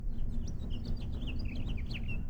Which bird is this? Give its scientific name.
Haemorhous mexicanus